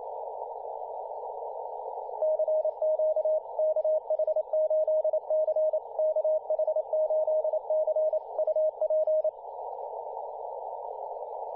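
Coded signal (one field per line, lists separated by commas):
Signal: Morse code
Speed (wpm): 28 wpm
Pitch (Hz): 620 Hz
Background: radio noise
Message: CQ KH8C KH8C UP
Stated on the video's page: Morse code on 15m, recorded by another station.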